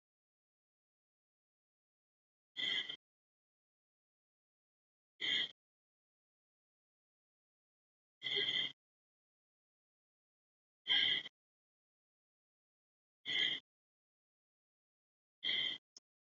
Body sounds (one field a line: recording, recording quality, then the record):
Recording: deep breathing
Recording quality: excellent, no background noise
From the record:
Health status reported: healthy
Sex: male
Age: 57 years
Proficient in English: yes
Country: India